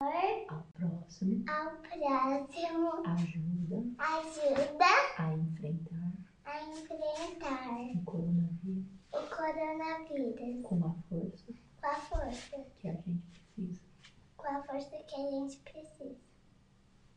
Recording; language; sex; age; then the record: spoken sentence; Brazilian Portuguese; male; 30 to 39 years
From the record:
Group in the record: control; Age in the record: 39 years